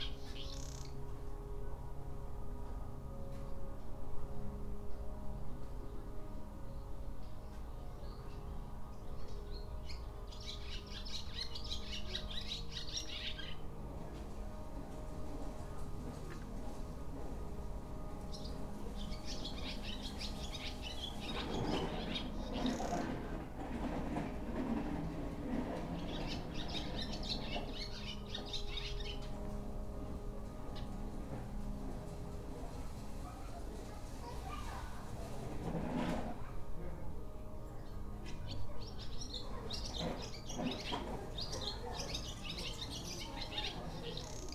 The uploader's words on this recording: Recordings I made on the 25 May 2017 during a day of wandering in Kanazawa, an important cultural town on the west coast of Honshu Japan.